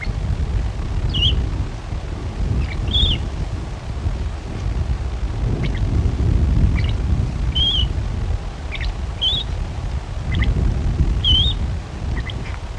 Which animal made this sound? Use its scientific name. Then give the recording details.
Lanius excubitor. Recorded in the wild. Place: Knoten, DE. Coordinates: 50.6033, 8.1675. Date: 1964-03-30 16:15. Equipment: Uher Report 4000, AKG D190. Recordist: Krey, Winfried. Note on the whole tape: Gesang